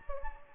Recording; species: mosquito wingbeat signal from an infrared sensor; Anopheles gambiae